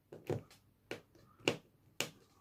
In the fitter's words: voilà vous entendez ça fait clac